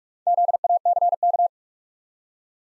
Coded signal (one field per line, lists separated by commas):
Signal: Morse code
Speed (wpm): 46 wpm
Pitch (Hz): 700 Hz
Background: none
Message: ZACK